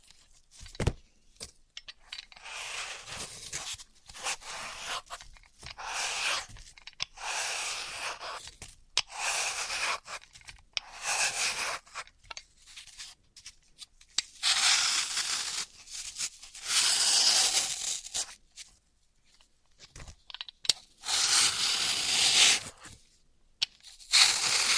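Floral foam being cut and crushed, heard as bursts of bright, gritty crunching and tearing separated by short silences. The bursts come irregularly, some brief, others lasting a second or two, with longer, denser stretches around the middle and near the end.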